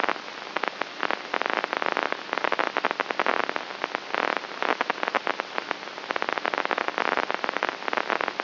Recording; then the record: brain microelectrode recording played as sound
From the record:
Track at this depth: outside the subthalamic nucleus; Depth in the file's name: 6.44 mm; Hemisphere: right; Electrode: 3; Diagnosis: Parkinson's disease